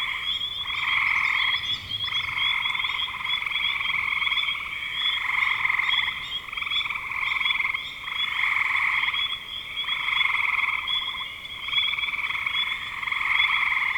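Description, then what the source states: Frog chorus of pulsing trills in repeated bursts of one to two seconds. Frogs in spring 2025.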